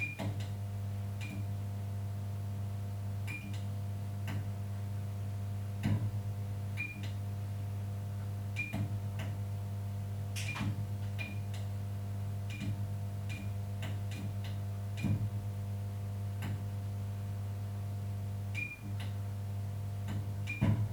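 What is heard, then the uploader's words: A malfunctioning strip light gives off a steady low hum with a buzzing edge that never lets up. Over it come sharp clicks and ticks at irregular intervals, roughly every one to two seconds, some with a brief bright ping. Malfunctioning strip light.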